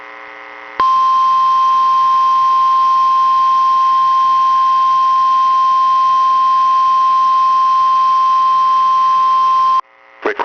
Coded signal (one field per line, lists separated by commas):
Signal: Emergency Alert System (SAME) tones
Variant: 1050 Hz attention tone